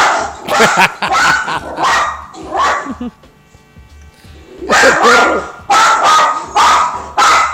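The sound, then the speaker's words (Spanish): A person imitates a small dog like a pinscher, letting out quick, shrill yapping barks in two loud bursts of several yips each, with a brief quiet pause between them. “Haces ruidos de perro, porque no lo sé.”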